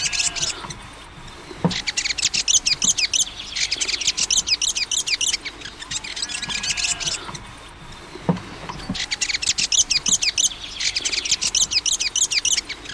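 Fantail song: rapid runs of thin, squeaky, high chirps in bursts of several seconds, separated by brief pauses.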